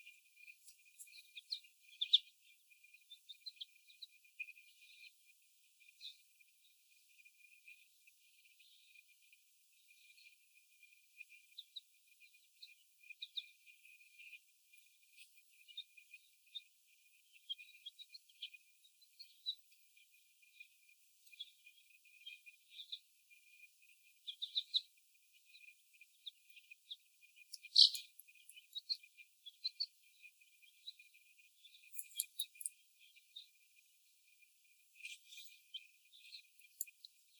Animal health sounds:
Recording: young laying hens in a cage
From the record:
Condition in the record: before the stressor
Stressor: sudden umbrella opening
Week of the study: 1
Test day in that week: 1

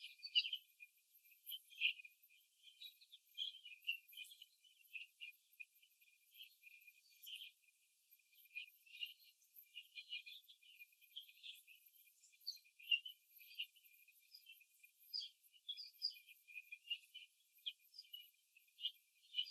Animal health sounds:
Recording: young laying hens in a cage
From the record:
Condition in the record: before the stressor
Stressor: simulated dog barking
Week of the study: 2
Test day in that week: 3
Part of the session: 2

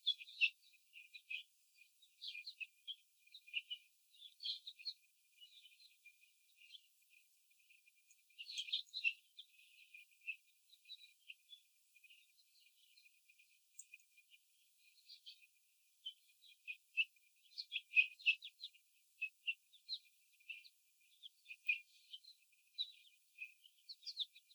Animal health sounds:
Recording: young laying hens in a cage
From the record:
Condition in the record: before the stressor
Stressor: simulated dog barking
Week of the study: 4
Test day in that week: 2

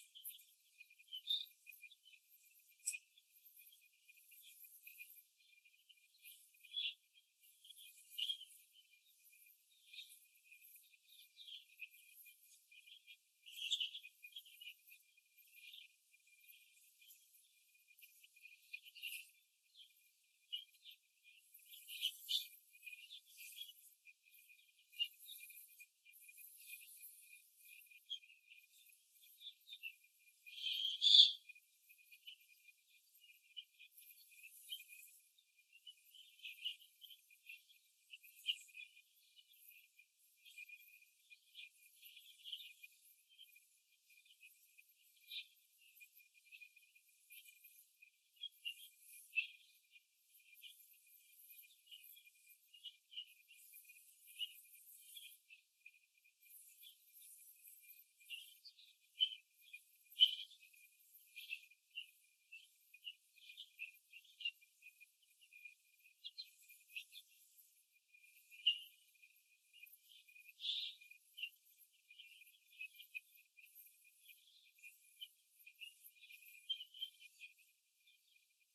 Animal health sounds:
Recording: young laying hens in a cage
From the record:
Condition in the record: after the stressor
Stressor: simulated dog barking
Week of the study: 2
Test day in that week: 2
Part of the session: 4

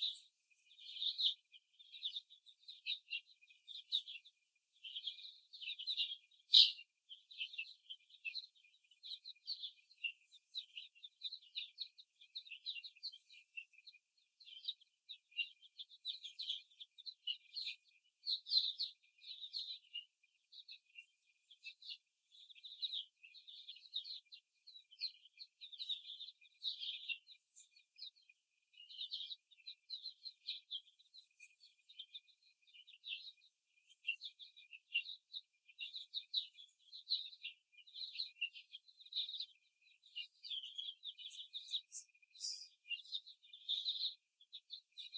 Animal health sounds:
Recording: young laying hens in a cage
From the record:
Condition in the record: before the stressor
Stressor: simulated dog barking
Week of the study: 1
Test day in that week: 2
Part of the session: 2

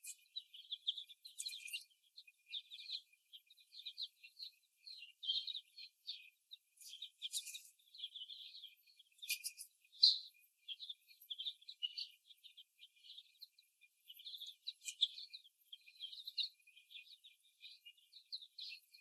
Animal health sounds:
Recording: young laying hens in a cage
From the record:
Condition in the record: after the stressor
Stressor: simulated dog barking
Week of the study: 1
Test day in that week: 1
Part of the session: 2

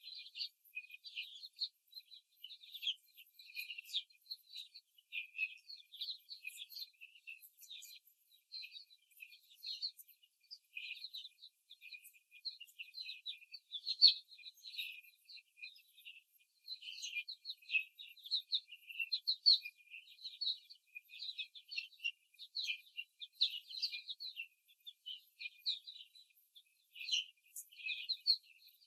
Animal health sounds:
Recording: young laying hens in a cage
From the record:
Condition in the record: before the stressor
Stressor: simulated dog barking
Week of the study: 3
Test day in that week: 2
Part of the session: 1

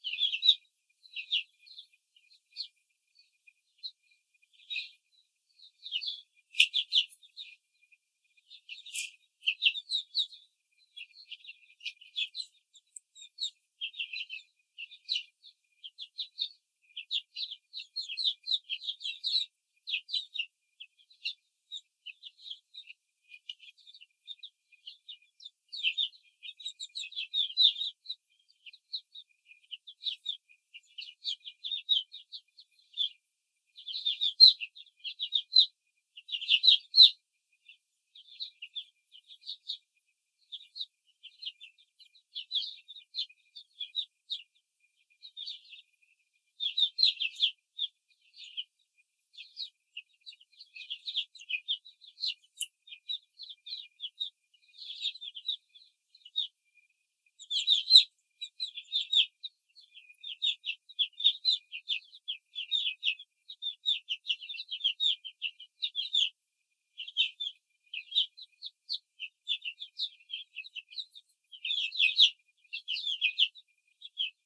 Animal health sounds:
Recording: young laying hens in a cage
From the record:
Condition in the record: control cage, before the stress test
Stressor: none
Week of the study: 4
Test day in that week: 3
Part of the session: 4

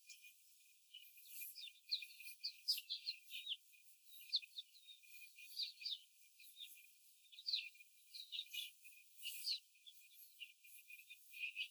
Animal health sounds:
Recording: young laying hens in a cage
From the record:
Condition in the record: before the stressor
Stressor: simulated dog barking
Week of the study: 4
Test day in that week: 1

